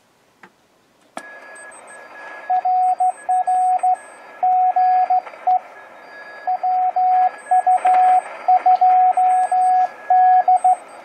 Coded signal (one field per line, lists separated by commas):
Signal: Morse code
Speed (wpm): 15 wpm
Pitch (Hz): 740 Hz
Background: radio noise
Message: RR GE WU2D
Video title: Top 10 QRP Rigs of the 1970's - 80"s